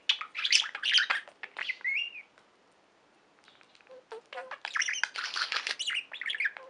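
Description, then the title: Budgerigar chatter: scratchy chirps and a short whistled trill, then a near-silent gap, then a dense burst of harsh, buzzy squawks and clicks. "Budgie Sounds"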